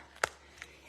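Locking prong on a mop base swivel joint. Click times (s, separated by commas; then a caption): 0.2 s. A small prong on a Norwex mop base is popped up to lock the swivel joint so the mop head no longer rotates. A sharp click is heard at 0.2 s, followed by a quieter tap around 0.6 s, and the swivel lock seats in place.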